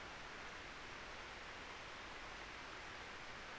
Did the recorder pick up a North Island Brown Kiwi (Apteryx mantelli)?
no